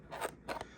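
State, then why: Released. A tool inserted at an angle into the access hole on the steering wheel of a 2019 Jaguar F-PACE pulls back the spring retaining clip that holds the airbag module's pin. A scraping sound is followed by two sharp clicks at 0.5 s and 0.6 s. The pin pops free and the airbag module is released.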